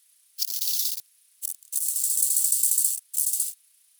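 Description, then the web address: Bow-winged grasshopper song: raspy, high-pitched buzzing phrases, a short one, a brief one, then a long steady buzz of over a second and a final short burst. "heuschrecken audio nachtigallgrashüpfer"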